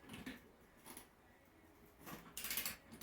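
A Pittsburgh click-type torque wrench tightens an anode rod into a water heater with even strokes, so the click can be heard when it finishes. Soft ratcheting strokes lead to a sharp, bright click at 2.4 s as the wrench breaks over. The wrench reaches its torque setting.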